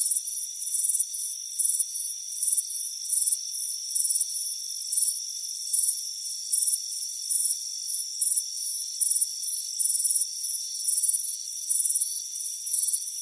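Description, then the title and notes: Crickets chirping in high, pulsed bursts, about two per second and slightly uneven, over steady high-pitched insect tones. Crickets chirping on a warm afternoon at a front porch. "Soothing Crickets Chirping Sound. It's a warm afternoon as you relax in a hammock on the front porch. Relax and fall asleep to the soothing sound of chirping crickets. Deep Sleep Sounds"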